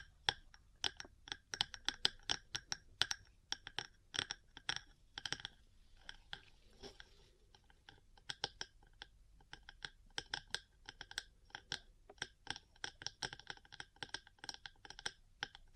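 Small metal parts tap and click in quick, irregular bursts, each hit sharp and bright with a ringing top. The taps run densely through most of the sixteen seconds, with a brief softer, scraping stretch around six to eight seconds before the clicking resumes.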